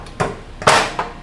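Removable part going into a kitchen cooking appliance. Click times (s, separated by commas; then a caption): 0.7 s. A removable part is fitted into a kitchen cooking appliance, which is being learned and will be set to 400, until it locks in place. A softer knock comes at about 0.2 s, then the loudest, sharp knock at 0.7 s as the part seats and locks, followed by a lighter tap near 1.0 s.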